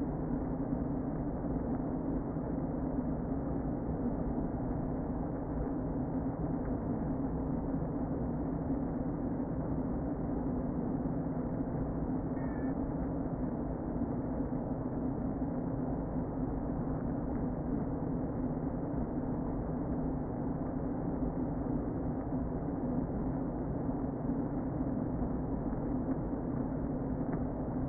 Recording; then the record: honeybee colony, microphone inside the hive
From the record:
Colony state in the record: queen present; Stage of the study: before two queens were removed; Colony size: about 60,000 bees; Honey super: yes